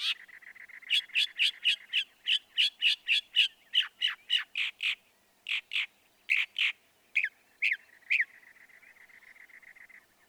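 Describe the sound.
Northern mockingbird song of fast repeated sharp notes over a steady buzzy trill, phrases changing every few seconds, ending with the trill alone.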